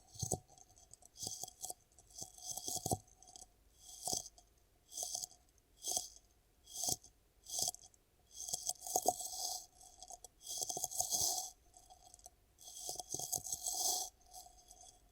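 Ear cupping ASMR sounds: soft, rustling swishes of hands over the ears come in bursts about once a second, with brief pauses between. Each burst carries a hollow, muffled hiss and light tapping clicks, and a faint steady tone hums underneath throughout.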